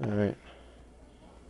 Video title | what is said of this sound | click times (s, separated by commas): Acer Aspire One D257 Ram Upgrade | okay it's not going to pop hold on | none